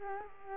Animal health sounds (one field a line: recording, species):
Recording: mosquito wingbeat signal from an infrared sensor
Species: Culex quinquefasciatus